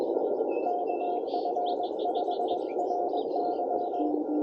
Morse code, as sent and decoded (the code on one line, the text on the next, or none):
-.- ..-. ..... .-. -.--
KF5RY